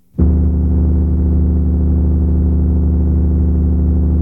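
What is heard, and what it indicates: A steady, loud, low-pitched droning hum begins abruptly and holds unchanged for about four seconds. It is a synthesized simulation of a tinnitus-like sound, the kind of continuous sound tinnitus sufferers hear in their head. A listener who cannot hear it clearly probably has some hearing loss at that frequency or pitch.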